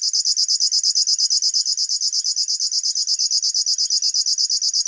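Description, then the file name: River warbler song, a quick repeated mechanical pulsing, each beat distinct, continuing steadily from start to end. "Schlagschwirl - Locustella fluviatilis"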